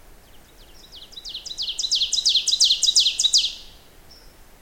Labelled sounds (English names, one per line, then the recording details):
Ovenbird song
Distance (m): 10 m
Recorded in boreal forest in Alberta, Canada, on 16 June 2016 at 08:17
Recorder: SongMeter 3, array SBT-3-32
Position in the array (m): 139 m, 103 m
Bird 37